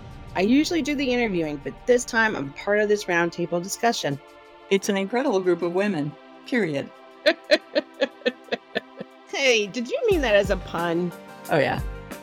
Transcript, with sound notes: I usually do the interviewing but this time I am a part of this round table discussion…
it’s an incredible group of women… period.
(laughs) Hey, did you mean that as a pun?
oh yeah…